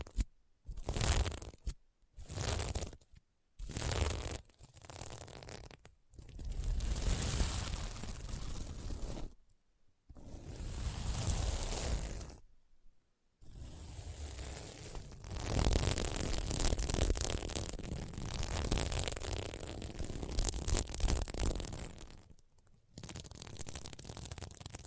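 Fingers scratch across a sequin mermaid pillow in bursts of rough, scratchy rustling. The first few seconds bring short strokes broken by brief silences, then longer strokes run several seconds each, dense and bright with a gritty rasp. Short gaps fall around 9, 13 and 22 seconds.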